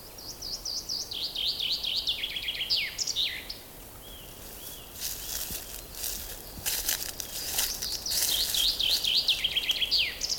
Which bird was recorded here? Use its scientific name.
Fringilla coelebs